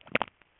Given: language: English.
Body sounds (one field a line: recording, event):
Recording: throat vibration sensor signal played as sound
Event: swallow